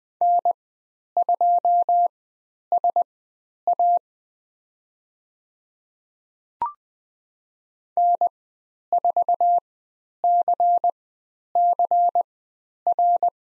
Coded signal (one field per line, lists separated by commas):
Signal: Morse code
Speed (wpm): 20 wpm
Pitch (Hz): 700 Hz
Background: none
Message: N2SA N4CCR